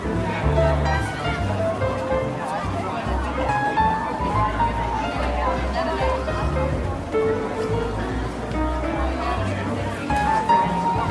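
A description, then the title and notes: Holiday jazz piano plays under a steady murmur of market crowd voices. Low bass notes hold in long stretches while brief higher piano notes surface now and then. The overlapping chatter stays dense and even throughout, with no pauses. Calming Holiday Jazz Piano and Market Ambience. Classic holiday tunes play on the piano, and all are merry and warm.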